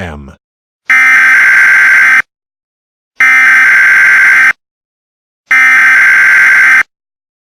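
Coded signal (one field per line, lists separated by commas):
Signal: Emergency Alert System (SAME) tones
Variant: header bursts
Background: speech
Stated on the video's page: Simulated EAS scenario for a fictional alien invasion.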